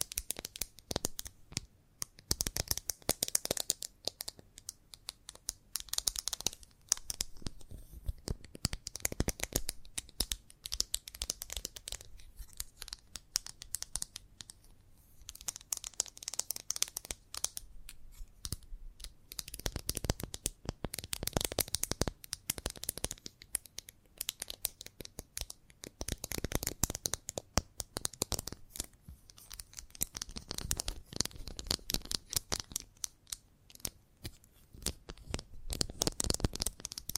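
Chalk scratching and tapping in dense, irregular bursts of sharp crackly strokes, with brief pauses around 4, 14 and 20 seconds.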